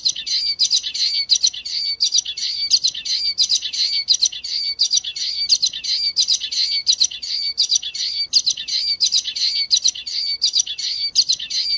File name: canto do bico de lacre